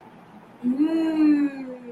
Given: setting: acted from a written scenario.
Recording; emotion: vocal sound without words; desire